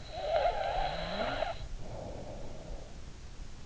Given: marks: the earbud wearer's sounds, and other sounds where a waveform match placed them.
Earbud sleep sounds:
sounds in sleep by an in-ear microphone; snoring breath
0.03-3.04 s: snoring breath

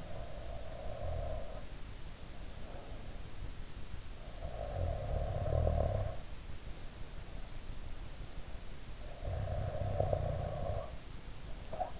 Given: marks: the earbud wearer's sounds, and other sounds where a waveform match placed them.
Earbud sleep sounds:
sounds in sleep by an in-ear microphone; breath, snoring breath
0.00-1.68 s: breath
4.43-6.31 s: snoring breath
9.09-12.00 s: snoring breath

